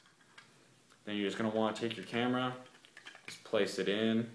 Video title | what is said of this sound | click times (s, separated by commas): In-Depth Review of the GoPro HD Hero2 | Go ahead, press it on till it snaps. | 0.4 s